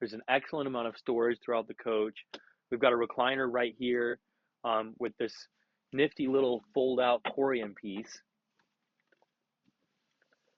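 A fold-out piece on a recliner in a 2004 Tiffin Phaeton 35RH motorhome is being handled while someone talks for about eight seconds. After the talk there is near silence with a few faint, brief ticks. The piece has not locked into place yet, and nothing has clicked or seated.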